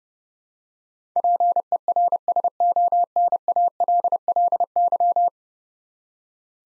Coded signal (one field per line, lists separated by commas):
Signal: Morse code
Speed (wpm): 30 wpm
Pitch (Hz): 700 Hz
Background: none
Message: PERSONALLY